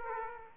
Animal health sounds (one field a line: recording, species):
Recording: mosquito wingbeat signal from an infrared sensor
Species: Aedes aegypti